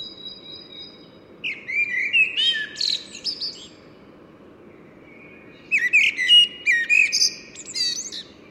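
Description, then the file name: Common blackbird song: two mellow warbled phrases, each breaking into a squeaky high twitter at its end, separated by a pause, over a steady low background hiss. "Turdus merula"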